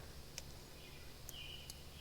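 An electrical plug connector for the new rear bumper of a 4th gen Ram truck is handled against its mating socket on the truck harness, giving a few faint, sharp ticks at about 0.4, 1.3 and 1.7 seconds over a steady low background hum. Nothing has seated or clicked in yet.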